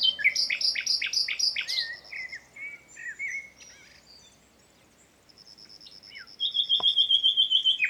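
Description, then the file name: Common nightingale song: a fast run of repeated high chirping notes, then varied whistles and chatters, a short quiet gap, and a rapid, even trill to finish. "Luscinia megarhynchos"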